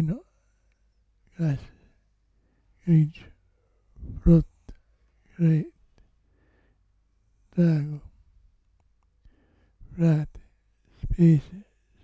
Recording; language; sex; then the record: read list of words; Italian; male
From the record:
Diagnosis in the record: Parkinson's disease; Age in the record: 65 years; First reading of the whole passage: 164 s, 3.2 characters per second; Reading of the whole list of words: 151 s, 1.9 characters per second